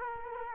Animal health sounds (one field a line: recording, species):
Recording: mosquito wingbeat signal from an infrared sensor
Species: Culex quinquefasciatus